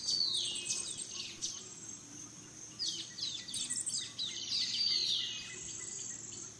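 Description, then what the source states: Several birds calling at once, bursts of high twittering and sweeping whistled notes over a constant shrill insect hum and low background rumble. Dawn chorus in rainforest, Gran Sabana, Venezuela.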